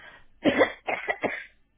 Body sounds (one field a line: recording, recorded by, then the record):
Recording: voluntary cough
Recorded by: telephone call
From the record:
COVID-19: positive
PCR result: checked with the laboratory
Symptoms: no